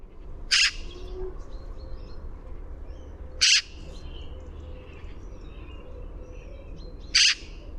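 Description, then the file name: Eurasian magpie giving three short, harsh, noisy calls spaced a few seconds apart, with faint chirps of other birds and a low background rumble. "Pica pica"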